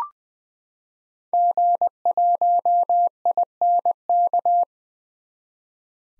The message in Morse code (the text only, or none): G1INK